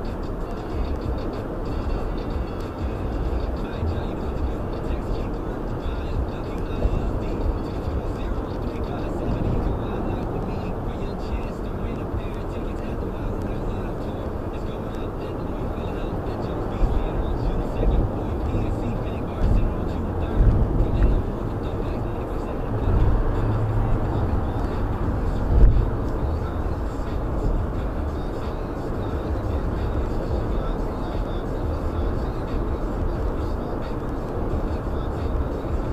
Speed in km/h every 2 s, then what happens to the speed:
100, 100, 98, 100, 100, 100, 98, 98, 101, 100, 100, 101, 103, 106, 106, 108, 108, 109.
0-21 steady at about 100. 21-36 speeds up to 109.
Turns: none.